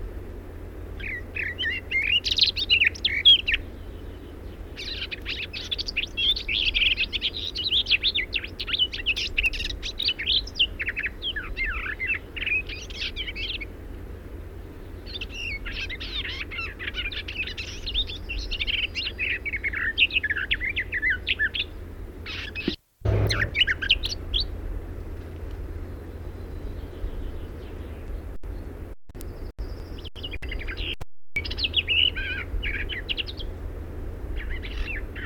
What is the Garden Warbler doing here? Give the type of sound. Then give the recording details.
song. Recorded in the wild. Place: Venz, Insel Rügen, Mecklenburg-Vorpommern, DE. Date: 1969-05-21. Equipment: NAGRA III BH, Sennheiser MD21 mit Reflektor (d=75 cm, Glasfiber) und Stativ. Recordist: Schubert, Michael. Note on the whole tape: Gesang Gartengrasmücke